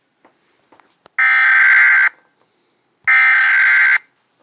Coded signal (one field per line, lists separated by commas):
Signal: Emergency Alert System (SAME) tones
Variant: header bursts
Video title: Emergency Alert System Thomas & Friends Talking Flynn